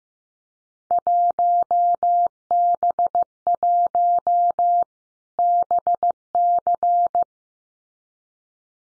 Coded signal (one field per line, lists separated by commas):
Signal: Morse code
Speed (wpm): 15 wpm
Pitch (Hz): 700 Hz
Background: none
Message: 1B1 BC